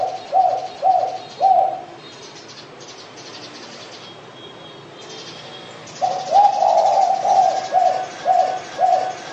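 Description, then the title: Pigeon giving low rhythmic coos, a few notes, then a pause of about four seconds before the cooing resumes. "Canto Da Pomba"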